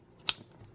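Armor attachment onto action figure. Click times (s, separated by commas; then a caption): 0.3 s. An armor attachment is snapped onto a Jada Toys Metals die-cast 6-inch Armored Batman action figure, after checking the manual. A loud, sharp click sounds at 0.3 s, followed by a faint tick around 0.6 s. The armor piece is seated on the figure.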